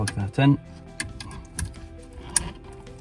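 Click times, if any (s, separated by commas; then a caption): 2.4 s. On a Mini Cooper S F55/F56 CarPlay retrofit, the plastic connector of the CAN power lead is pushed into the CarPlay interface box while someone talks. A few small ticks come before a sharp click at 2.4 s as the connector latches and seats.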